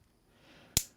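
A plastic weapon accessory is pushed into the two side openings of a transforming bug action figure after some struggle, with soft rustling and handling before it. A single sharp snap at 0.8 s marks the weapon seating in place, unbroken.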